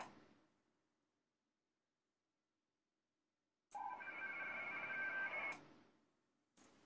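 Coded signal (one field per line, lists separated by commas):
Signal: HF data modem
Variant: ARDOP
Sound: silence, then a short warbling burst of rapidly stepping tones, abrupt stop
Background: radio static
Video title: Piin likiarvon lähetys Ardop Winlink -protokollalla OH2RBB linkkiaseman kautta lokaatiosta KP10WR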